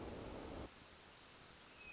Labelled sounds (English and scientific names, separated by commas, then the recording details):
Hermit Thrush (Catharus guttatus)
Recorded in Sonoma County, California